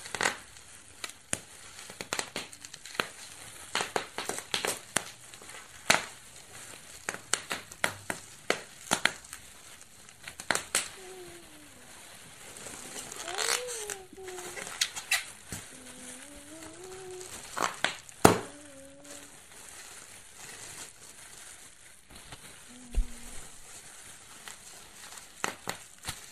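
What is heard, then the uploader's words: Bubble wrap is popped in sharp, irregular snaps throughout, sometimes single cracks and sometimes quick bursts, loudest around 14 and 18 seconds. From about 11 to 19 seconds, brief squeaky tones slide up and down between pops, with a soft hiss underneath. Bubble-wrap pop. Bubble wrap popping at Dorchminster Mansion. Recorded by Dan Bodah, October 2008.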